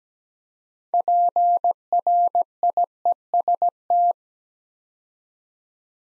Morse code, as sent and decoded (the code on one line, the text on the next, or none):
.--. .-. .. . ... -
PRIEST